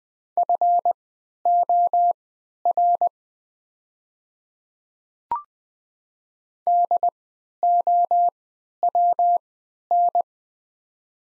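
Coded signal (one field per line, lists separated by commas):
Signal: Morse code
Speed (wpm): 20 wpm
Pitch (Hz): 700 Hz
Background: none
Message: FOR DOWN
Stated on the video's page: 20 wpm Morse practice of the top 100 words with Farnsworth-style triple character spacing.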